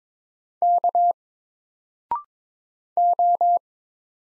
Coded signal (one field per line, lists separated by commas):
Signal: Morse code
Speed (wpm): 22 wpm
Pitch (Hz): 700 Hz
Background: none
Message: K O